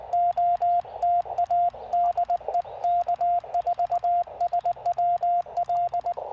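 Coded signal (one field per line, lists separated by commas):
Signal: Morse code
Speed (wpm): 19 wpm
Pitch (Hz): 700 Hz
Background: radio noise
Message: OTA DE K4SWL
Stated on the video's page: QRP Parks on the Air activation with a Yaesu FT-818ND into a 40-meter end-fed half-wave Spooltenna, keyed with a BaMaKeY TP-III.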